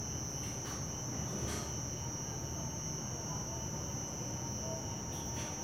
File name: Ambiencia residencial fim de tarde muitos grilos e cigarras, morcegos, moto passa no inicio e cigarras somem no final